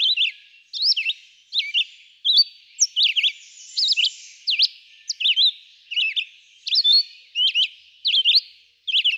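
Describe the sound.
Red-eyed vireo delivering short, sharply inflected whistled phrases, with small pauses between.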